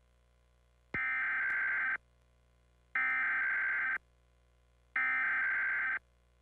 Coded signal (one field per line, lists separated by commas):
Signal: Emergency Alert System (SAME) tones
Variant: header bursts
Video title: EAS Required Weekly Test – KATU-TV 2, Portland, OR (2011?)